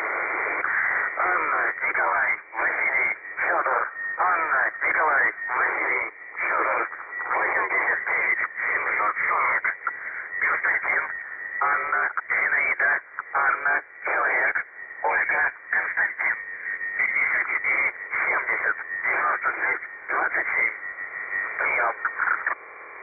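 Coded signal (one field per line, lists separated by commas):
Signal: numbers station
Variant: UVB-76, Russian voice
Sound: a male voice reading a message over a narrow, muffled shortwave channel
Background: radio static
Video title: The Buzzer/UVB-76 Voice Message (December 10, 2020 09:29 UTC)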